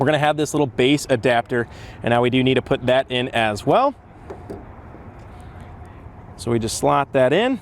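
Someone talks while a plastic base adapter is handled and lined up with a Scrubblade Platinum windshield wiper blade for a 2013 Volkswagen Beetle, with a faint short handling sound at 4.3 s during a quiet pause. The adapter has not yet been slotted in, and nothing has seated or clicked yet.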